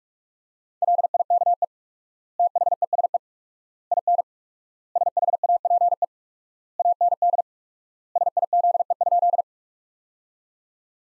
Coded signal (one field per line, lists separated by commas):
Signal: Morse code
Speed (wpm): 42 wpm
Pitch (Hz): 700 Hz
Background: none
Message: LIKE THESE IN SHAPE AND SIZE?